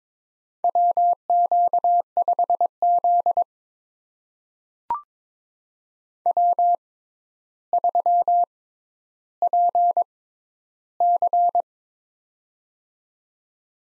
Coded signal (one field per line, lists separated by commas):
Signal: Morse code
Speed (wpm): 23 wpm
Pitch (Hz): 700 Hz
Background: none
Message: WQ5Z W3PC